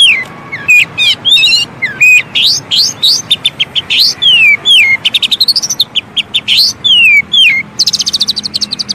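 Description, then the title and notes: Oriental magpie-robin song of loud, varied whistled phrases: rising and falling slurs with sweeping notes and quick trills, delivered almost without pause. Indonesian long-duration 'isian' filler song of an Oriental magpie-robin, used to train birds to sing actively day and night. "Kacer Jadi Gacor Siang Malam. Isian Kacer Durasi Panjang"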